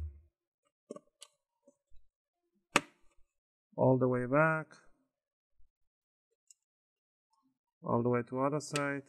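A guitar pick is wiggled between the top and bottom plastic covers of an HP 14 CM laptop to unclip the bottom cover, and a sharp click is heard at 2.8 s as the plastic bottom cover clips release and pop open from the top case. Fainter ticks come before it, and someone talks afterward.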